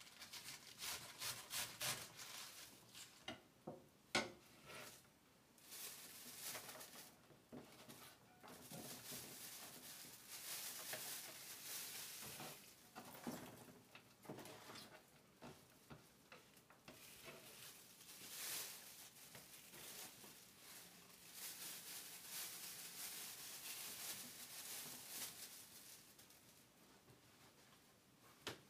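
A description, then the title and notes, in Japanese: Eggplant simmering in tomato sauce: a dense, bright sizzle hisses throughout, rising and falling in waves. Frequent sharp clicks and scraping taps, like stirring with a wooden utensil, break through, with louder bursts around the fourth and seventh seconds. 環境音 ナスのトマト煮込み。ベーコンの代わりにちくわをいれてみました。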